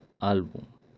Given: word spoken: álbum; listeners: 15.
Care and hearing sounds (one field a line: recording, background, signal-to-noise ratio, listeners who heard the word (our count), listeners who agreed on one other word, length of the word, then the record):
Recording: one Spanish word in noise, from a listening test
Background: noise modulated by three-talker babble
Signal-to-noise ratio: 30.0 dB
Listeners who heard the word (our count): 4 of 15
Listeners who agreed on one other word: 10 of 15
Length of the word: 0.58 s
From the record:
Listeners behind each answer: 10, 4, 1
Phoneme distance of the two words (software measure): 27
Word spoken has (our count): 2 syllables, 5 phonemes, stress on syllable 1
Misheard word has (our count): 2 syllables, 4 phonemes, stress on syllable 1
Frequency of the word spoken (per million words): 10.17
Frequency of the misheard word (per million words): 563.71